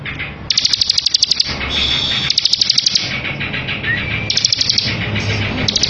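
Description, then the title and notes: Bar-winged prinia delivering fast ticking buzzy trills in short bursts, with faint whistles in between. Ngebren song style, used as a tutor song for white-rumped shama. "Ciblek Ngebren Untuk Masteran Murai Batu. Suara Nada"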